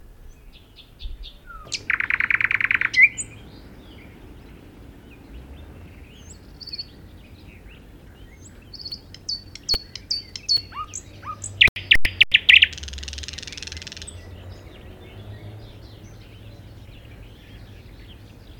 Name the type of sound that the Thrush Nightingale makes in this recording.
song